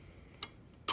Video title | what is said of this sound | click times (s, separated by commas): Density Lab Video | until it clicks in on 100 grams | 0.9 s